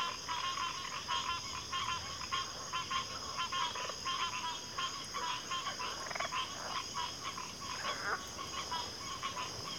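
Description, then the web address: Cricket chorus as a constant shrill trill, overlaid by many quick, clicking frog-like calls repeated in rapid bursts. Cricket chorus at a backwater. "WLL Grade 1-12 Pre-Uni Library Natures Songs Sleep Sounds of Nature CRICKETS Backwater Chorus"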